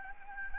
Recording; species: mosquito wingbeat signal from an infrared sensor; Anopheles gambiae